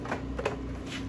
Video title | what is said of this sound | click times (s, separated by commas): Blow Off ! Packout Princess in a bikini VS ME - Milwaukee Tool Dual M18 Blower (StubbyNozzleCo MOD) | on come on we can do it you hear it it clicks | 0.5 s